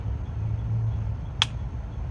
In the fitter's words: make sure you hear that click from it when you push it on so you know that it's locked properly and